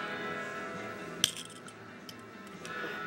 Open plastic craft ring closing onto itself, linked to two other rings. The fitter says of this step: until you hear the snap which is right there